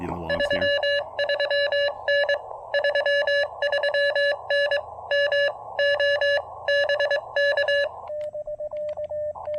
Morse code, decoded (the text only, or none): 33N 33N MO BK